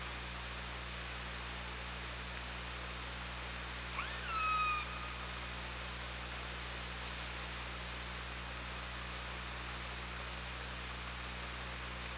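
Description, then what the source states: Orca call: one tonal, harmonic cry lasting under a second, sliding slightly downward, over steady hiss and low hum. Recorded underwater by the OrcaLab hydrophone on 24 August 2017 at 17:00:37.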